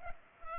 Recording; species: mosquito wingbeat signal from an infrared sensor; Culex pipiens